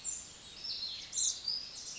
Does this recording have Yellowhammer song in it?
no